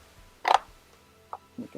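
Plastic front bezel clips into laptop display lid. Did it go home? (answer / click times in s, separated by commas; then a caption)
yes / 0.5 s, 1.3 s. The plastic front bezel is pressed back onto the lid of a Gateway NE71B laptop display, worked around the edge until its clips snap into place. A sharp, bright click sounds at 0.5 s, a smaller click at 1.3 s, and faint lower taps follow near the end. The bezel clips are seated.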